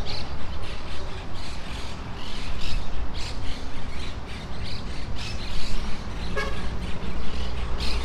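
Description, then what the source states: Monk parakeets giving harsh repeated squawks from a busy flock; a short car horn toots about six seconds in, over a steady low background rumble. In trees near the coast of Playa Ancha.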